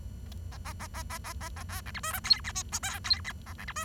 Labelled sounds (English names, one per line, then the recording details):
Bengalese Finch song
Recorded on 23 June 2012 at 08:20
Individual gr41rd51